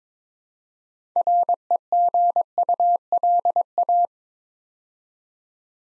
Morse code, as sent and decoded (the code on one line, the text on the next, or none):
.-. . --. ..- .-.. .-
REGULA